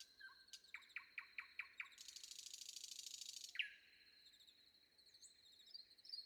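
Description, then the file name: Common nightingale song opening with a fast run of loud repeated piping notes, then a harsh buzzy rattle, followed by quieter varied whistles. Recorded before dawn. "predawn nightingale"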